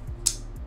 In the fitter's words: what you do is you pull it live lay it all the way out until you hear the click and then tuck it back in and that's how easy it is to fix this knife